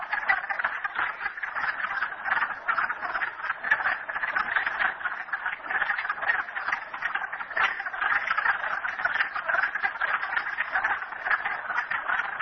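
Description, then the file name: Frog: a steady chorus of frogs, countless rapid croaks blending into a continuous buzzing rattle. Frogs recorded at Merryspring. "frogs merryspring 42008"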